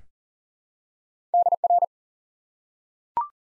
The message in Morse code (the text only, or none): DR